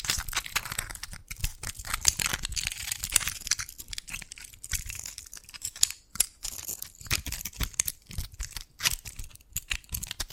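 Dalgona candy being tapped and cracked, a dense run of sharp, bright crackles and snaps with brief pauses, continuing throughout.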